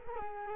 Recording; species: mosquito wingbeat signal from an infrared sensor; Culex quinquefasciatus